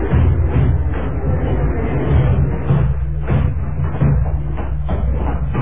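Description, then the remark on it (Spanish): A basement door is forced open by police with a few heavy, dull thuds and knocks over a constant low, muffled rumble, with no voices. “El sargento Norton, al frente de los policías, avanzó hasta la puerta que conducía al sótano y...”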